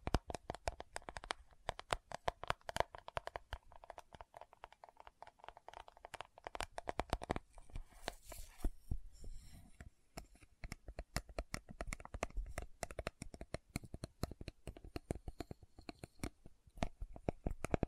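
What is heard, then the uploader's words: Lid sounds and bottle tapping come as a dense run of sharp clicks and taps, irregular but nearly continuous across the whole stretch. Around eight to ten seconds the taps thin out and a soft, hissy scratching rises before the quick tapping resumes. Lid Sounds & Bottle Tapping, Scratching.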